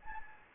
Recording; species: mosquito wingbeat signal from an infrared sensor; Anopheles gambiae